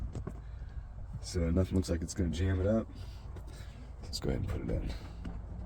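A replacement turn signal / light switch assembly for a Nissan Frontier is handled at its mount in the steering column, ready to be pushed in, while someone talks. Only a few faint handling ticks are heard around 0.2 s and 5.3 s. Nothing has seated or clicked into place yet.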